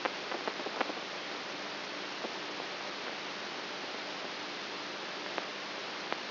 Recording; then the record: brain microelectrode recording played as sound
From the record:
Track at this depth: outside the subthalamic nucleus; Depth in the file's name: 7.44 mm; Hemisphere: right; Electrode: 3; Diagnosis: Parkinson's disease